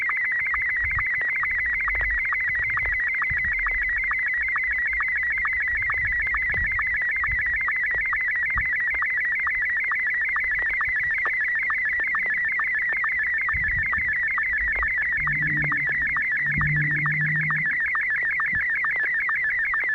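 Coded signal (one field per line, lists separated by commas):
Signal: SSTV (slow-scan television)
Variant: Martin M1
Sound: continuous warbling tone sweeping up and down with rapid regular chirping ticks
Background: low hum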